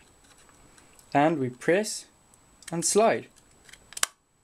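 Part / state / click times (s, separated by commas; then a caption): SSD module into PCIe adapter card slot / seated / 4.0 s. An M.2/PCIe SSD module is pressed down and slid into the connector slot of a PCIe adapter card for a Mac Pro while someone talks. After a few faint ticks, a sharp click at 4.0 s marks the SSD seating in the slot. It is in, though it still wobbles slightly until it is screwed down.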